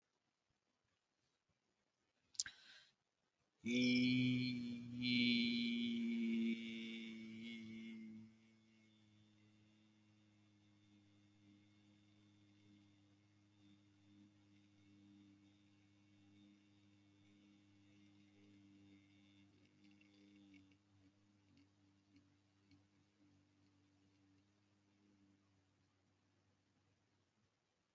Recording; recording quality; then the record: sustained vowel as in beet; excellent, no background noise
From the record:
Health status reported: healthy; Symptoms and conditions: hypertension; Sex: male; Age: 48 years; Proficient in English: yes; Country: India